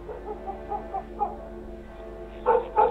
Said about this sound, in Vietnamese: Bên dưới nhà bỗng có tiếng chó sủa lên inh ỏi.